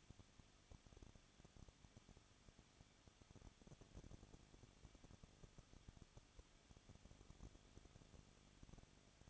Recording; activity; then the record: daily activity, microphone in the room; no activity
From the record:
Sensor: 4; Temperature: 23.0 degrees Celsius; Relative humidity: 34.6%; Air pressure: 1007.3 hPa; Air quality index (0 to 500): 216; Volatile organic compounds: 15 ppm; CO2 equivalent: 2511 ppm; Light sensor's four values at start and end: 2/3/1/1 and 2/3/1/1